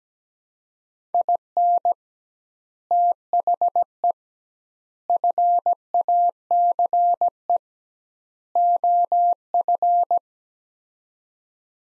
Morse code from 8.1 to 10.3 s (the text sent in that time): OF